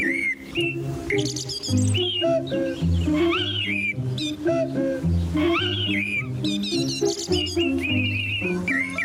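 Bright, rapid bird chirps and warbling calls flit up and down in pitch over a steady bed of low sustained tones, continuous for several seconds with no talking.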